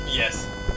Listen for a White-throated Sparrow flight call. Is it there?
no